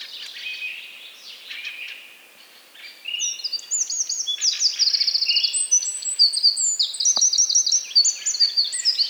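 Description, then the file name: Eurasian wren song, faint chatter at first, then a loud sustained torrent of high trills and sharp warbling notes with rapid rattles. "Troglodytes troglodytes"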